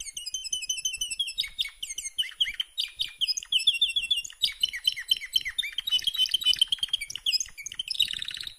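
Canary singing continuous rolling trills and quick chirps, closing on a short harsh buzzy burst.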